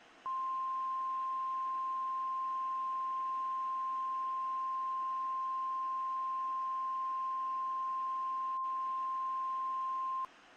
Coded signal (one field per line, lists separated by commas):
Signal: Emergency Alert System (SAME) tones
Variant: 1050 Hz attention tone